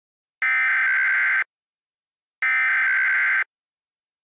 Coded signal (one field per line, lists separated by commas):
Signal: Emergency Alert System (SAME) tones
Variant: header bursts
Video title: EAS Scenario #1: Extraterrestrial Invasion (Aliens)